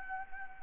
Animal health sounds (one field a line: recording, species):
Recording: mosquito wingbeat signal from an infrared sensor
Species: Anopheles gambiae